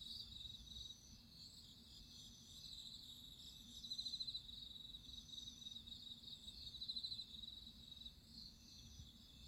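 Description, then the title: Steady high-pitched cricket trilling, many insects overlapping, with two louder pulsed bursts standing out over a soft low background rumble. Crickets singing at midnight. "Listen to nature crickets singing at midnight"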